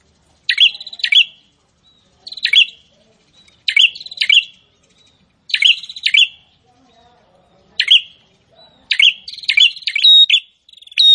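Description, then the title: Prinia singing paired and grouped sharp chirps in bursts with short gaps, the final bursts becoming denser and more varied. "Prenjak gacor"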